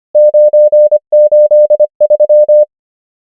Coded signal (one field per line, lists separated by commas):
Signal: Morse code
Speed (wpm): 25 wpm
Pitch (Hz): 600 Hz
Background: none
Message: 9 8 3